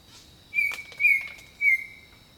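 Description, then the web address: Bird song of three flat whistles over a steady high insect drone. Jungle setting. "Echoes of Nature - Jungle Talk 01 Jungle Birdsong"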